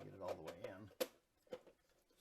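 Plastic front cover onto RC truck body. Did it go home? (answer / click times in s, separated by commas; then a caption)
yes / 1.5 s. Someone talks as the plastic front cover is pressed onto a Huina 573 / Top Race TR 212 radio-controlled dump truck on a second try. A short, sharp snap is heard at 1.5 s, and the cover is confirmed snapped into place.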